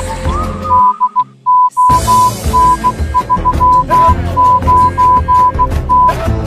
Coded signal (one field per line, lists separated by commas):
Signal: Morse code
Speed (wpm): 16 wpm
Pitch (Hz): 1000 Hz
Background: music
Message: DON39T